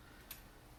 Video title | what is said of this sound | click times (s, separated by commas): S10 Oil Change and Tire Rotation | just take my socket extension you'll feel it click a couple times | 0.3 s